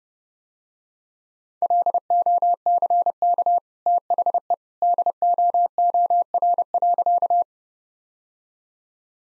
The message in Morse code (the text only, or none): LOCK THE DOOR.